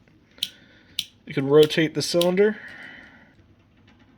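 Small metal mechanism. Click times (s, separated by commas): 0.1 s, 0.4 s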